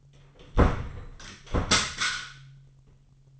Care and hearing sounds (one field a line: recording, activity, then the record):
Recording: daily activity, microphone in the room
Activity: close door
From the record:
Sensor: 4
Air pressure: 999.2 hPa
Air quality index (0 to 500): 116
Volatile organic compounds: 2 ppm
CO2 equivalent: 1141 ppm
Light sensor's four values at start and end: 13/32/13/14 and 13/31/12/14